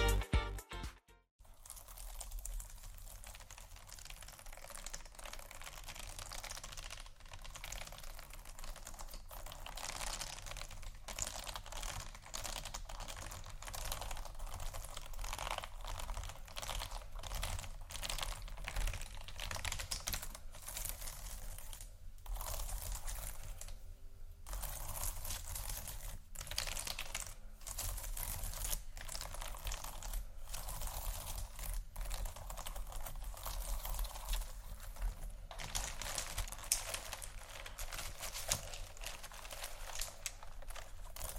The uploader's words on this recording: ASMR Beads And Pearls（No Talking）.